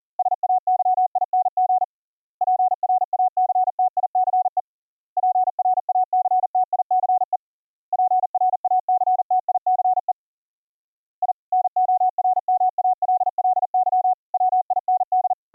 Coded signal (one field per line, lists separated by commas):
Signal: Morse code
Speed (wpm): 40 wpm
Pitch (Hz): 740 Hz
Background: none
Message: SAYING PRACTICE PRACTICE PRACTICE I NORMALLY WIND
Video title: Virtual audio cables for Morse Code audio routing - dropped audio buffers - fix it with Gstreamer